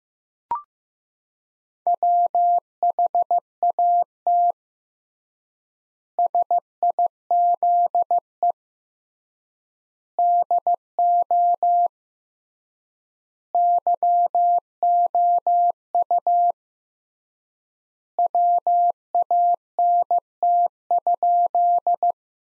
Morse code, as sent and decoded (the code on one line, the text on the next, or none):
.-- .... .- - / ... .. --.. . / -.. --- / -.-- --- ..- / .-- .- -. - ..--..
WHAT SIZE DO YOU WANT?